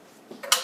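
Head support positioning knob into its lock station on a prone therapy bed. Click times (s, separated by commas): 0.5 s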